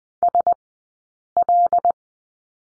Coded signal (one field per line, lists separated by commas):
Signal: Morse code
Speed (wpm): 20 wpm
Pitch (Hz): 700 Hz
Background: none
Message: SL